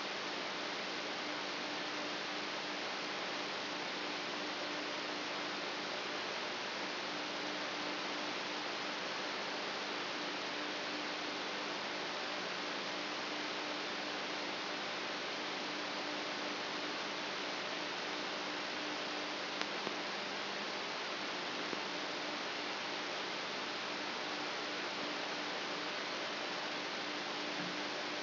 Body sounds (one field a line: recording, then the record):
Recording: brain microelectrode recording played as sound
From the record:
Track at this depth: inside the subthalamic nucleus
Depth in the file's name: 8.137 mm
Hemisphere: left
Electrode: 3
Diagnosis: Parkinson's disease